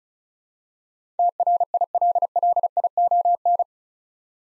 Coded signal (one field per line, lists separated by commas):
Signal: Morse code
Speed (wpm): 36 wpm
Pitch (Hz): 700 Hz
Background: none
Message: TRILLION